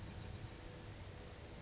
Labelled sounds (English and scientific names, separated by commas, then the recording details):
Bewick's Wren (Thryomanes bewickii)
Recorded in Sonoma County, California